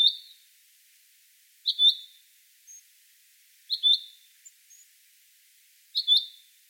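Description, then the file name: Common chaffinch repeating a sharp, high, doubled call note about every two seconds, with soft faint chirps between the calls. "Fringilla coelebs"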